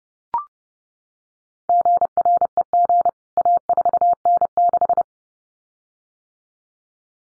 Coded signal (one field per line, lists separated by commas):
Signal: Morse code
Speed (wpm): 30 wpm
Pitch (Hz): 700 Hz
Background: none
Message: GREG A4N6